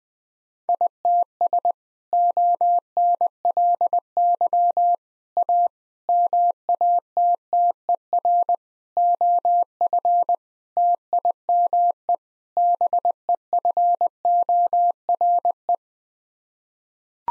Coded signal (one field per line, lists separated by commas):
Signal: Morse code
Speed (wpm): 21 wpm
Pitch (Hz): 700 Hz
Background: none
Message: ITS ONLY A MATTER OF TIME BEFORE